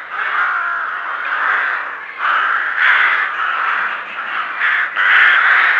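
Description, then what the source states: Rook colony calling: many rasping caws pile on top of one another, with brief dips in volume between noisy bursts. Rooks calling at a rookery.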